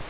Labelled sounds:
Grace's Warbler flight call

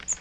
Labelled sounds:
Magnolia Warbler flight call

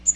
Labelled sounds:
Magnolia Warbler flight call

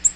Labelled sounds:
Black-throated Green Warbler flight call

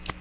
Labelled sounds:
Magnolia Warbler flight call

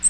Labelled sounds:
Ovenbird flight call

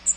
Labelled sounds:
Magnolia Warbler flight call

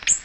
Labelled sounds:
Ovenbird flight call

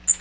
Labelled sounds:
Magnolia Warbler flight call

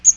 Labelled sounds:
Magnolia Warbler flight call

